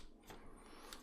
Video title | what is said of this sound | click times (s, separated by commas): Nemesis Reviews Transformers Legacy United Fractured Friendship (Megatron & Orion Pax) | it's supposed to click into place there we go there we go clicks into place right there | 0.9 s